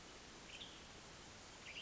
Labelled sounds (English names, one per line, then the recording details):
Western Tanager
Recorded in Sonoma County, California